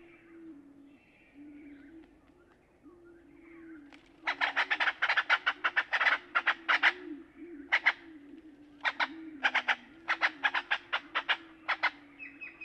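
Great-tailed grackle uttering long bursts of harsh, dry clacking notes in rapid irregular series, with a faint steady hum underneath.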